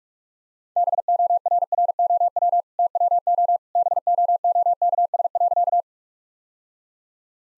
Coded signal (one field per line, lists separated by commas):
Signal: Morse code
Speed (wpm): 45 wpm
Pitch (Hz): 700 Hz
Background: none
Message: BORROW TWO BOOKS.